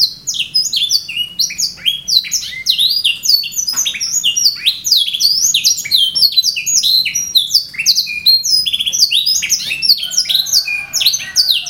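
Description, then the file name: Canary in sustained song, dense chattering trills and swooping whistles, shifting to slower, steadier tones near the end. Song style called raja melodi. "audio kenari raja melodi omkicau"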